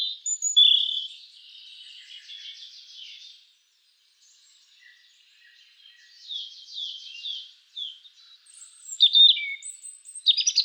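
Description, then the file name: European robin delivering soft warbled and trilled phrases, a short silence, then louder trills ending in sharp, very high notes. "Erithacus rubecula"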